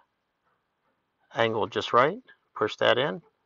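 The inlet fuel line quick-connect, with its retaining clips angled just right, is being handled to push onto the inline fuel filter of a Chevy Trailblazer 5.3L. After about 1.3 seconds of near silence, someone talks until around 3.3 seconds. Nothing has seated or clicked yet.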